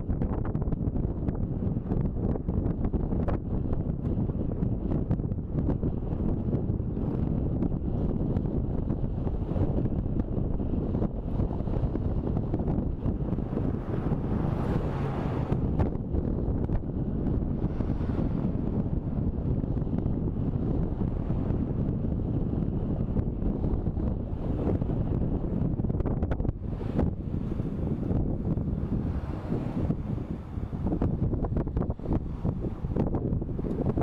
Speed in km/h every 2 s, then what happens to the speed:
29, 31, 30, 31, 31, 30, 29, 29, 29, 28, 27, 27, 25, 19, 16, 12, 11.
0-22 steady at about 29. 22-29 slows to 12.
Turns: none.